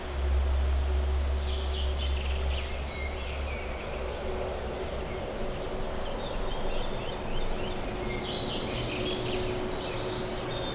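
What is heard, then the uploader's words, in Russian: Nature sounds mixed with the movement of civilization: birds chirp and trill in short bright bursts throughout, growing busier in the second half. Underneath runs a steady, dense traffic-like hum with a faint held tone, and a heavier low rumble for the first two seconds. 3D саундскейп передаёт атмосферу майского утра г. Звуки природы гармонично переплетены с движением цивилизации.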